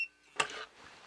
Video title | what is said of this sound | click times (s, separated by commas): Onnais Defender Pro Gun Lock | and it releases instantaneously. | 0.4 s